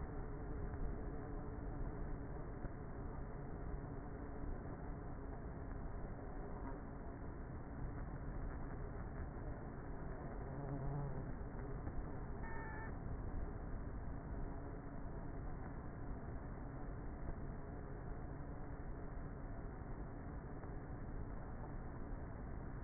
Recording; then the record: honeybee colony, microphone inside the hive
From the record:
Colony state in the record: queenless with a low population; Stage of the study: before two queens were removed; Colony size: about 30,000 bees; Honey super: no